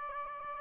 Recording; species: mosquito wingbeat signal from an infrared sensor; Aedes albopictus